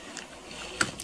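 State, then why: Seated. The brake handle of a folding Hugo Sidekick rollator is pushed down into the parking-brake position. It gives a sharp click at 0.8 s as it locks into place, with a fainter tick near 0.2 s and another just after 1.0 s. The brake is seated in its parking lock.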